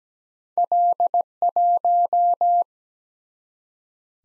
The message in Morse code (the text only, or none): L1